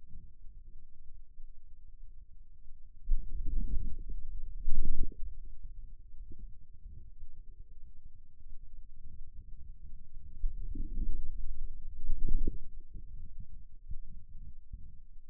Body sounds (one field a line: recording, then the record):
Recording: forearm muscle sounds (acoustic myography)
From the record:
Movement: wrist flexion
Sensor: system 2, bracelet of six BSWA MPA416 microphones around the upper forearm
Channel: 2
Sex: male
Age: 22 years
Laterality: right